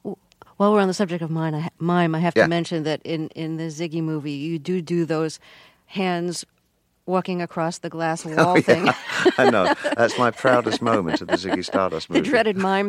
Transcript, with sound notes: While we're on the subject of mime...
Yeah.
I have to mention that in the "Ziggy" movie, you do do those hands walking across the glass wall thing.
(LAUGHTER)
I know. That's my proudest moment of the Ziggy Stardust movie.